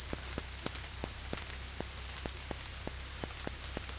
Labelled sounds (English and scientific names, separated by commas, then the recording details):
none
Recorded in dense forest near Puerto Asís, Putumayo, Colombia, on 18 February 2024 at 14:00
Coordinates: 0.487, -76.319
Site G6403